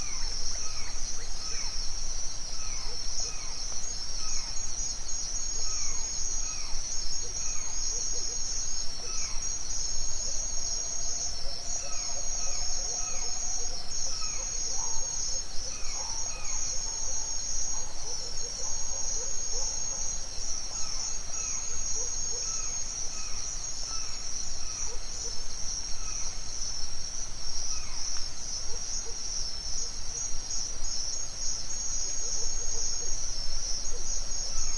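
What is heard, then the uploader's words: Birds chirp in a forest at sunrise, short calls scattered throughout. A dense, steady, high-pitched insect drone runs under everything without a break, and a brief lower whistle drifts through around the middle. Morning Calm in the Forest. The sun is rising, the birds are chirping, and the crisp morning air brings you peace.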